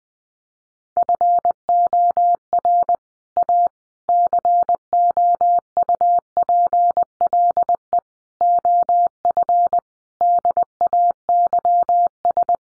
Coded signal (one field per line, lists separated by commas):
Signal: Morse code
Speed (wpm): 20 wpm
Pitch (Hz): 700 Hz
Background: none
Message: FOR A COUPLE OF DAYS